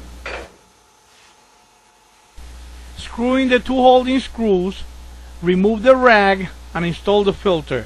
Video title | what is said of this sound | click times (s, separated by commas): Whirlpool dryer taking apart | and push down on it to make sure that it snaps in place | 0.3 s